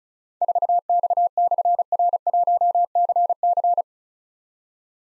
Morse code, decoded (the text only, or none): 4X/R1CC